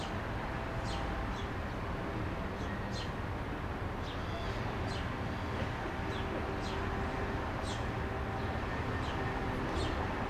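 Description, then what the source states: Bird chirps, faint high falling notes in irregular clusters, partly masked by a steady low traffic rumble with faint tonal hums. Birds in a calm city square with distant traffic, Marseille, France.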